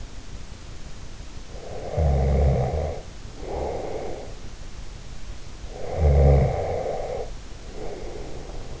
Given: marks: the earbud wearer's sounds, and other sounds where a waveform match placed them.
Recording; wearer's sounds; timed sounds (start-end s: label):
sounds in sleep by an in-ear microphone; snoring breath
1.51-4.43 s: snoring breath
5.60-8.80 s: snoring breath